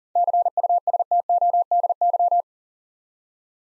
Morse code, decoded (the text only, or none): CUSTODY